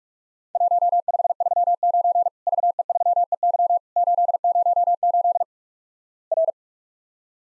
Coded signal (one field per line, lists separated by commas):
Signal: Morse code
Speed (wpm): 48 wpm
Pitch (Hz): 700 Hz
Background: none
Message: 1539 VE3EY 808 R